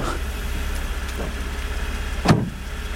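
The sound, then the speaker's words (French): A car engine idles with a steady, low rumble throughout, and a single sharp thump, like a door shutting, cuts in near the end as a man gets into the car. “Ça y est, il est dans la bagnole.”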